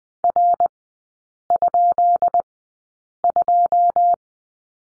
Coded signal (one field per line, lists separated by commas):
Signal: Morse code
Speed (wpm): 20 wpm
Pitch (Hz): 700 Hz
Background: none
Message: R?2